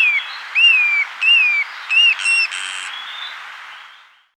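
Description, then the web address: Pale-edged flycatcher calls: several short whistled notes, each rising then sliding down, ending in a higher burst, over a hiss that then fades. Recorded in the Andes of South America. "S America Andean Birds. Pale-Edged Flycatcher (Myiarchus Cephalotes)"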